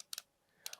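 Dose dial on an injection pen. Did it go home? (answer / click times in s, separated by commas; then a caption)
yes / 0.0 s, 0.1 s, 0.2 s, 0.7 s. Someone turns the dose dial of a Mounjaro injector pen to load the full dose, and each step gives a sharp click, so that even blind users can count the clicks (about 60 in all) to set the correct dose. Clicks are heard at 0.0, 0.1, 0.2, 0.7 and 0.7 seconds, and the dial steps are confirmed.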